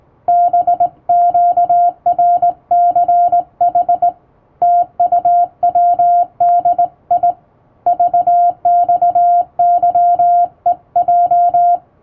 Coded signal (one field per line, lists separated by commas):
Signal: Morse code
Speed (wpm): 19 wpm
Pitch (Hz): 700 Hz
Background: music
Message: BQRCH TUWDI VXYEJ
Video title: モールスを正しい姿勢、基本的な打ち方で打ちました！綺麗な手打ちモールス符号で送信しよう！欧文モールス信号を電報練習帳で打ってみました！電気通信術の練習にどうぞ(morse code practice)